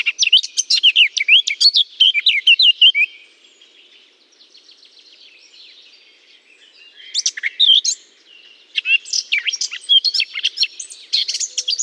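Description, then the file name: Eurasian blackcap song: a brisk burst of warbling, a quiet spell, then two more bursts of lively, varied notes. Singing in a holly bush. "chant de fauvette a tete noire dans houx"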